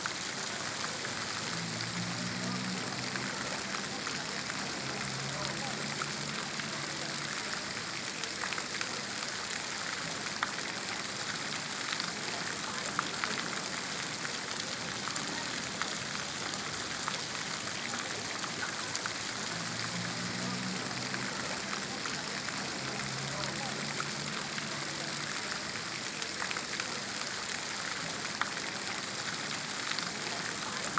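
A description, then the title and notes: A city fountain splashes in a steady, dense hiss of falling water that barely changes across the whole stretch. Faint low voices murmur in the background around two to eight seconds and again near twenty to twenty-six seconds. City Fountain.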